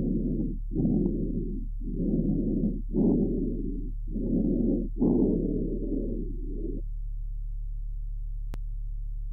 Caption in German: Ähnlich laute in- und expiratorisch hörbare Lungengeräusche wie beim gesunden Fohlen sind beim erwachsenen Pferd in Ruhe nur unter pathologischen Bedingungen anzutreffen. Bronchialen Atemgeräusches wurde bei einem Pferd mit Aspirationspneumonie registriert.